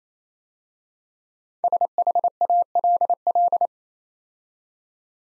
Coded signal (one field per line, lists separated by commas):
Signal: Morse code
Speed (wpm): 28 wpm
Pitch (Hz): 700 Hz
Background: none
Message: SHALL